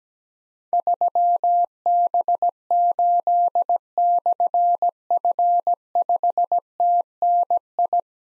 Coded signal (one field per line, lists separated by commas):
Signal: Morse code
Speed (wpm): 17 wpm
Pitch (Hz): 700 Hz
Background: none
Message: 3B8/F5TNI